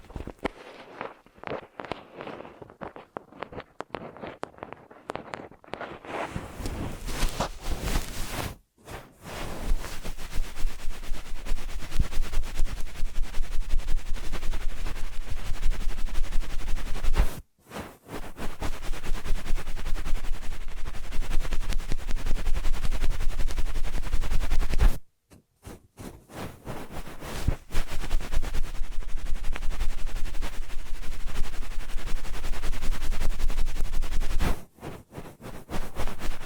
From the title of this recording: Ear Massage Triggers